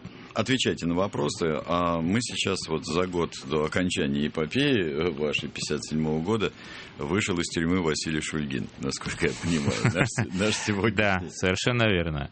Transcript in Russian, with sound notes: Отвечайте на вопросы, а мы сейчас вот, за год до окончания эпопеи вашей, 57-го года, вышел из тюрьмы Василий Шульгин, насколько я понимаю – наш сегодняшний… (смеется)
Да, совершенно верно.